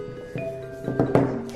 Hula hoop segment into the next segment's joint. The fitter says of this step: to lock it, because I can hear it clicking. Click. Okay, last click. Ta-da!